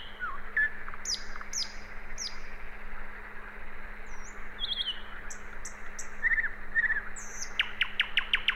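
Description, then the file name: Common nightingale delivering varied phrases: repeated downslurred whistles, paired warbled notes, and a final fast rattle of sharp notes, all over a constant low hum. "Luscinia megarhynchos"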